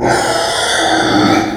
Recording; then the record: squeal of a Yucatan mini pig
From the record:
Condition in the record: before surgery on the right vocal fold (resection and tissue-engineered implant); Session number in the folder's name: 3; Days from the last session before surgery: 0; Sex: female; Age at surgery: 19 weeks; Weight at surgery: 25 kg